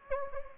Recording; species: mosquito wingbeat signal from an infrared sensor; Anopheles gambiae